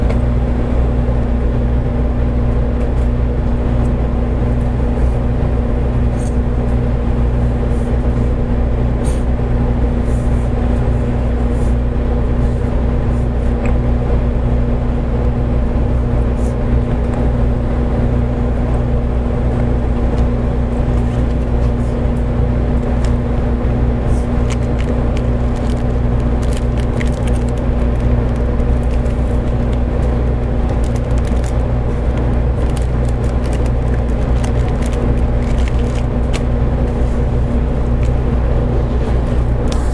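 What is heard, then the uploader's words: Recorded aboard a local train on the Kagoshima line, a steady low rumble and a constant hum run through the whole ride at an even level. Faint clicks and rattles flicker above the drone now and then, growing a little busier in the second half. JR九州 811系 けやき台から鳥栖まで. JR九州 811系電車の走行音です。 鹿児島線の普通列車で録音しました。 I recorded on a local train on the Kagoshima line.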